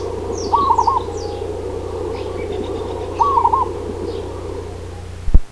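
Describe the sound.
Zebra dove call: two brief rolling coo bursts about three seconds apart, faint high chirps from other birds, low hum, and a sharp click at the end.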